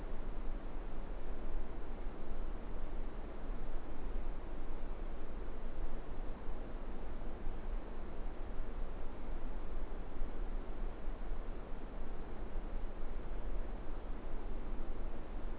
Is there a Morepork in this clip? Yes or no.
no